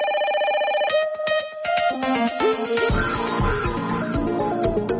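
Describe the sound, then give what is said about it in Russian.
A telephone rings for an incoming call with a melodic electronic ringtone: a held tone, then a run of quick bright notes that builds into a busier, louder tune, with no one talking. “На чарзе такое телефонаванне.”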